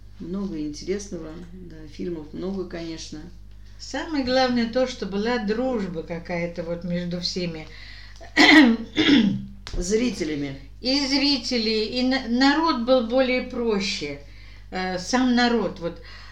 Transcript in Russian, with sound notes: Много интересного, да, фильмов много, конечно.
Самое главное то, что была дружба какая-то вот между всеми. [откашливается]
Зрителями.
И зрители, и народ был более проще. А, сам народ — вот